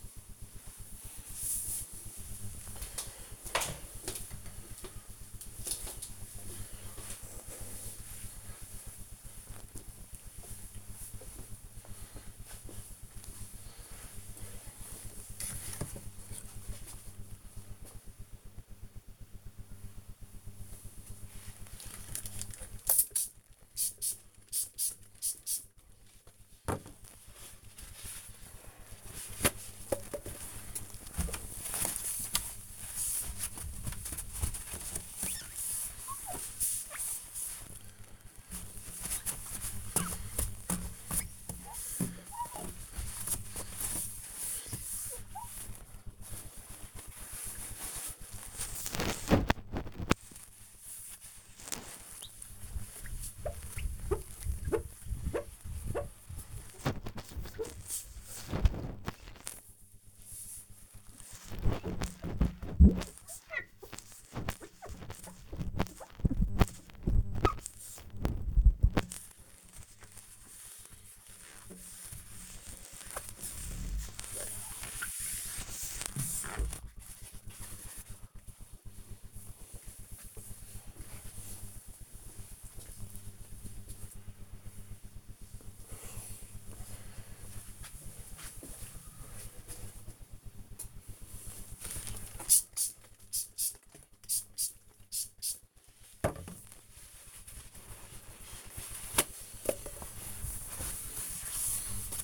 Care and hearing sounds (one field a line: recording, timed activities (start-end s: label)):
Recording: household activities, microphone on the right wrist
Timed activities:
20.40-77.79 s: window cleaning
90.87-102.24 s: window cleaning